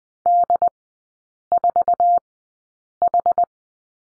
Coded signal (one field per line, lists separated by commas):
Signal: Morse code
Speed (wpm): 20 wpm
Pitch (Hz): 700 Hz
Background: none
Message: D4H